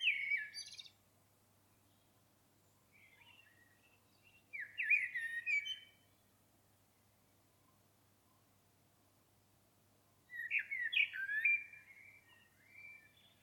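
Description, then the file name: Common blackbird song: a short high phrase, then several warbled phrases with pauses of a few seconds between them. "Turdus merula"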